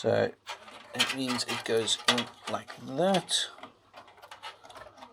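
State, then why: Not seated. A keyed front panel header connector, with one pin blocked out, is handled and lined up with the motherboard header pins while someone talks. A few faint, short clicks and rustles come near the end, around 4.3 to 4.7 seconds. Nothing has seated or clicked yet.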